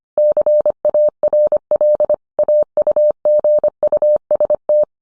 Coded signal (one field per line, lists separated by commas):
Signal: Morse code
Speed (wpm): 25 wpm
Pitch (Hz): 600 Hz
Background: none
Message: CARL AUGUST